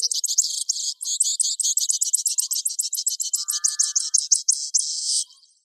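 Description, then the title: Bird song: a long, fast series of high buzzy notes repeated several times a second, with a brief lower whistled phrase in the middle. "LuckyPassaros CompletosSama"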